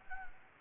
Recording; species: mosquito wingbeat signal from an infrared sensor; Anopheles gambiae